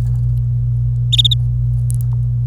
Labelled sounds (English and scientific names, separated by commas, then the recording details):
Domestic Canary (Serinus canaria) song
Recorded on 26 April 2018 at 11:58
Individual llb3